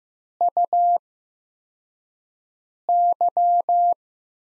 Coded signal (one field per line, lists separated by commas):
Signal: Morse code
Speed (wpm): 15 wpm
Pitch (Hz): 700 Hz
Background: none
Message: UY